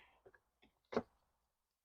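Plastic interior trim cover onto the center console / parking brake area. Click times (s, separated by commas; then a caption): 1.0 s. A plastic interior trim cover in a BMW Z3 is slipped over and snapped into place on the center console around the parking brake handle. A few faint taps and rustles near 0.3 s and 0.65 s lead into one sharp, broadband snap at 1.0 s. The cover is seated.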